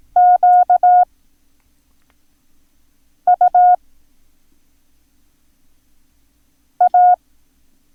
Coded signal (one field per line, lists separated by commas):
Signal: Morse code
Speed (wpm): 18 wpm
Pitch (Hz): 720 Hz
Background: none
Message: Q U A